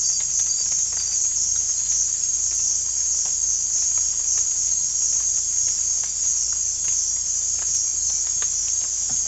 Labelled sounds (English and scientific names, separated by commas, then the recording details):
none
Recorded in dense forest near Puerto Asís, Putumayo, Colombia, on 18 December 2024 at 02:30
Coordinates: 0.481, -76.323
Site G100